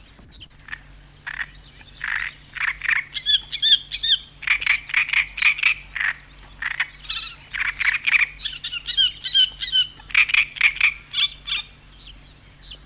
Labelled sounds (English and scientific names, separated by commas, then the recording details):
Great Reed Warbler (Acrocephalus arundinaceus)
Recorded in the wild
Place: Gummern (Schnackenburg), Niedersachsen, DE
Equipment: Halbspur, 9,5 cm/s
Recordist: Lütgens, Hans